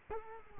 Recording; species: mosquito wingbeat signal from an infrared sensor; Culex quinquefasciatus